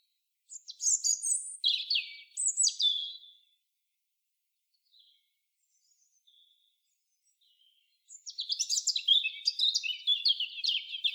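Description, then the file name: European robin singing a three-second phrase of high, liquid trills and slurred notes, a pause of quiet ticking sounds, then a long tumbling phrase of thin, sparkling notes. "Erithacus rubecula"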